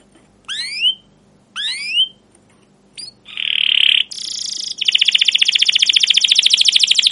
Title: CUIT CUIT NGEROL LANGSUNG GACOR PANJANG Kenari Ini AMPUH Utk Pancingan KENAR. PANCINGAN Kenari GACOR PANJANG Cuit CUIT EMOSI ini AMPUH utk MASTERAN Kenari PAUD belajar BUNYI